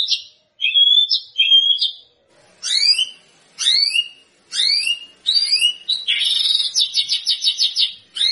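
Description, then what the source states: White-rumped shama song: clear whistled notes, then a series of sharply up-slurred phrases, ending in a rapid, buzzy trill. Lure sound of a white-rumped shama in full, active song (gacor), used to provoke an immediate response from other birds.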